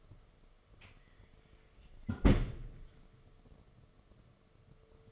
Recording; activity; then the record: daily activity, microphone in the room; close fridge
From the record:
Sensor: 4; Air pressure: 1015.9 hPa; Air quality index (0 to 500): 195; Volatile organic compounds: 10 ppm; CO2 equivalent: 2248 ppm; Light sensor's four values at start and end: 13/29/12/14 and 18/42/18/19